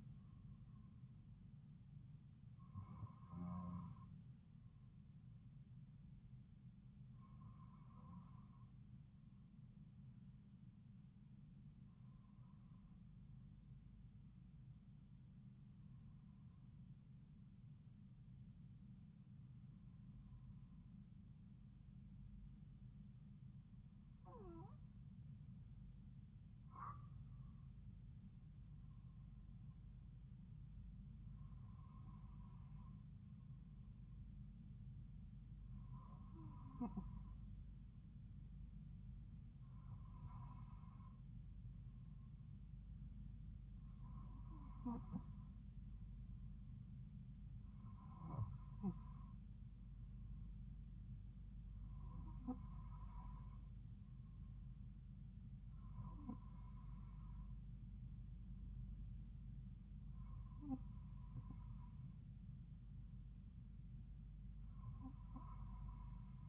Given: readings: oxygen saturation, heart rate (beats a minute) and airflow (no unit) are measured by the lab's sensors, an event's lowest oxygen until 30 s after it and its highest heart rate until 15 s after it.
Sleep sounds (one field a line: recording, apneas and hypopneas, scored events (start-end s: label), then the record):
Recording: breathing in sleep by a smartphone at the bedside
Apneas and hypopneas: 1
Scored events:
13.00-26.30 s: hypopnea (N2, oxygen 96% highest, then 93% lowest)
From the record:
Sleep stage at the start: N2 (light sleep)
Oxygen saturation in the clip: 92 to 96%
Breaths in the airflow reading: 15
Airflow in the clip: -2.9 to 3.0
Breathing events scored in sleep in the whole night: 270 in 6.1 hours asleep